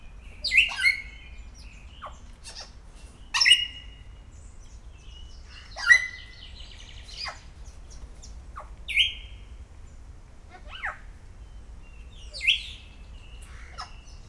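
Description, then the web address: Grey parrot calls: loud squawks and whistled notes spaced a few seconds apart, some rising, some falling. Szeged Zoo, Hungary, 2011. "szegedizoo. jakopapagaj"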